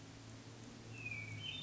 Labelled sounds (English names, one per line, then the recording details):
Hermit Thrush
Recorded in Sonoma County, California